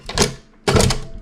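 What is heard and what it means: The eject control on a Sony Betamovie BMC-100 Betamax camcorder is pressed and the Betamax tape compartment pops up with a clunk. Two sharp mechanical clicks are heard at 0.1 s and 0.9 s, each followed by a brief rattling burst. The tape compartment is released and open.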